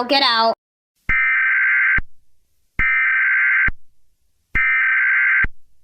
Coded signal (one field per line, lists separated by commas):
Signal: Emergency Alert System (SAME) tones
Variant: header bursts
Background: speech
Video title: RCN Entertainment EAS Scenario (EAS Mini Scenario #2): Red April Rulenz's Attack